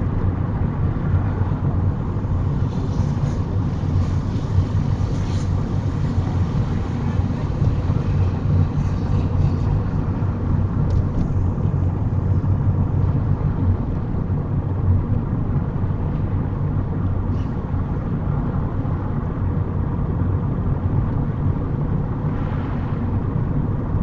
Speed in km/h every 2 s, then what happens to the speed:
35, 35, 35, 37, 37, 37, 37, 37, 39, 40, 40, 40.
0-24 steady at about 37.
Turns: none.